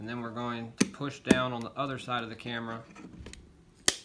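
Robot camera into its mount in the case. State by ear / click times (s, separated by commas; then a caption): seated / 3.9 s. Someone talks while pushing down on the far side of a robot's video camera to seat it in its mount in the case. A sharp, loud click at 3.9 seconds marks the camera locking into place.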